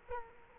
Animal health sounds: mosquito wingbeat signal from an infrared sensor; Culex quinquefasciatus

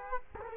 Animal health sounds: mosquito wingbeat signal from an infrared sensor; Culex quinquefasciatus

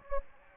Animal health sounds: mosquito wingbeat signal from an infrared sensor; Anopheles gambiae

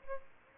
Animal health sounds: mosquito wingbeat signal from an infrared sensor; Aedes albopictus

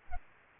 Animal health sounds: mosquito wingbeat signal from an infrared sensor; Aedes aegypti

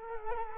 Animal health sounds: mosquito wingbeat signal from an infrared sensor; Culex quinquefasciatus

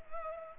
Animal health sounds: mosquito wingbeat signal from an infrared sensor; Culex pipiens

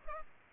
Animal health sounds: mosquito wingbeat signal from an infrared sensor; Culex pipiens

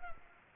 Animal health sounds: mosquito wingbeat signal from an infrared sensor; Culex quinquefasciatus

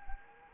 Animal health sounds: mosquito wingbeat signal from an infrared sensor; Anopheles arabiensis

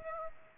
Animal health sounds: mosquito wingbeat signal from an infrared sensor; Aedes aegypti

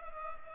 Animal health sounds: mosquito wingbeat signal from an infrared sensor; Culex pipiens

